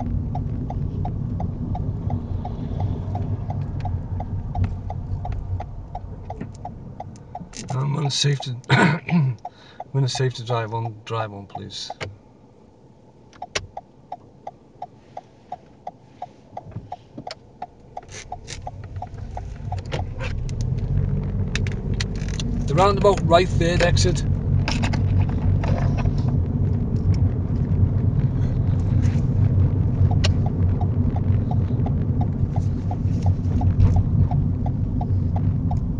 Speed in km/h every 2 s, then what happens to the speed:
23, 15, 5, 0, 0, 0, 0, 0, 3, 13, 23, 27, 31, 32, 34, 34, 29, 23.
0-5 brakes to 0. 5-15 standing. 15-24 pulls away to 31. 24-31 steady at about 32. 31-36 slows to 23.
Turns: none.